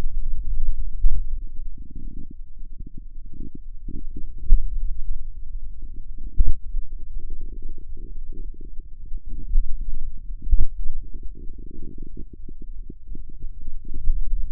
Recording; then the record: forearm muscle sounds (acoustic myography)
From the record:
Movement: pen grasping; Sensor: system 2, bracelet of six BSWA MPA416 microphones around the upper forearm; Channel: 5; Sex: male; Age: 22 years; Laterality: right